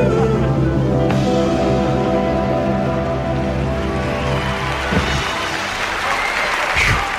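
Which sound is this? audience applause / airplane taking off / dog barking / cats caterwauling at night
audience applause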